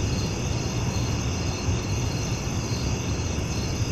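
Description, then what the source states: Crickets chirp in a steady, continuous high chorus over a strong low rumble throughout. Recorded at night.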